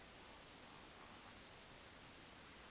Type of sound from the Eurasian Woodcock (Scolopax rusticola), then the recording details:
whistle, croak. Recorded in Baden-Württemberg, Germany, on 2 June 2021 at 19:55 UTC. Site 25832, 648 m above sea level